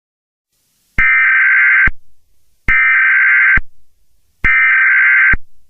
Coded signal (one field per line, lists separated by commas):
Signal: Emergency Alert System (SAME) tones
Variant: header bursts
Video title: EAS Scenario #5: The Night Of The Yanderes (7 Subscriber Special)